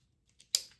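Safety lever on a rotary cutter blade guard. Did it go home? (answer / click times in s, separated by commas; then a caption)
yes / 0.5 s. The plastic safety lever on a rotary cutter's blade guard is pushed back to cover the blade, since it does not retract on its own. A few faint ticks lead to one sharp, bright click at 0.6 s, followed by a brief fading tail and a soft tick near 0.8 s. The lever snaps into its locked guard position.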